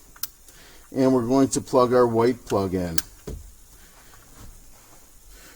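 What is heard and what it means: A red plastic harness plug is pushed into a plug-and-play remote start module for a 2007-2011 Toyota Camry with a standard key, producing a loud, short snap at 0.2 s as it seats. Someone then talks, and a faint knock follows at about 3.3 s.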